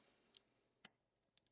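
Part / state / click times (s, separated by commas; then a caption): bottom bumper into prosthetic foot / not seated / none. A size three bottom bumper is handled as it is slid into an Ottobock Evanto prosthetic foot, meant to lock into place. Three short, sharp ticks sound at about 0.4, 0.9 and 1.4 seconds over a faint hiss. Nothing has seated or clicked into place yet.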